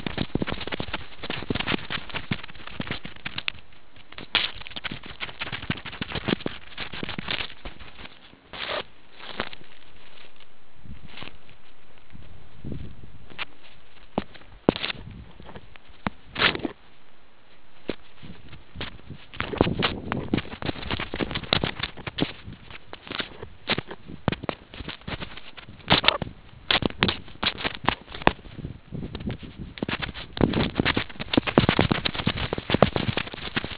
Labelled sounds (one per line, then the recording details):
meerkat close call
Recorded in the Kuruman River Reserve, South Africa
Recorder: an audio tag on a meerkat's collar